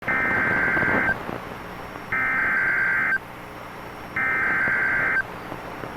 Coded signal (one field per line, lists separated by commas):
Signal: Emergency Alert System (SAME) tones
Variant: header bursts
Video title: Severe Thunderstorm Warning (MS) (4/2/25) [EAS #113]